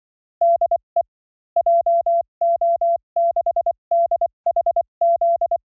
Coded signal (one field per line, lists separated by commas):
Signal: Morse code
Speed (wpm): 24 wpm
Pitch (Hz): 680 Hz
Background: none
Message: DE JO6DHZ